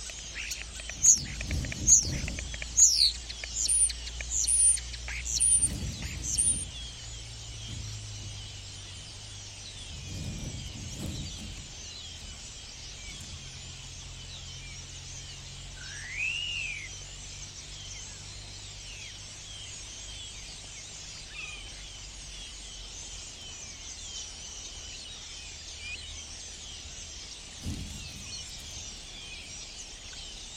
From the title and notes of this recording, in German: Ein Morgen in der Lehmgrube. Ich liebe die Stare.